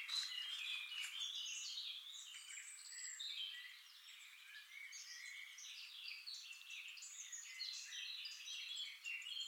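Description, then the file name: Eurasian wren song, a quieter busy sequence of high chirps and short rattles over steady background noise. "Troglodytes troglodytes"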